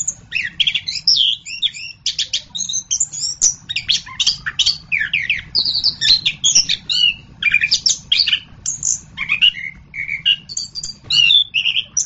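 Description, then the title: Orange-headed thrush song: dense, continuous run of sharp chirps, slurred whistles and scratchy notes with constantly changing phrases. "anis kembang"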